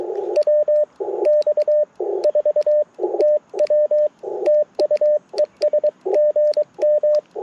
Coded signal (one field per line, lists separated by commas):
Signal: Morse code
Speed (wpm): 19 wpm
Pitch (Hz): 590 Hz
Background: radio noise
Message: WX4TW TU ES GM